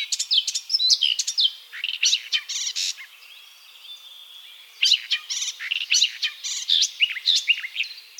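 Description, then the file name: Eurasian blackcap song: fast, varied warbling phrases with clicky and whistled notes, a short pause midway, then another burst of rich chattering song. "Sylvia atricapilla"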